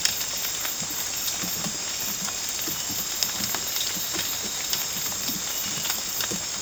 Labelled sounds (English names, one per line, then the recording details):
none
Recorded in dense forest near Puerto Asís, Putumayo, Colombia, on 8 March 2025 at 03:30
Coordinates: 0.486, -76.317
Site G053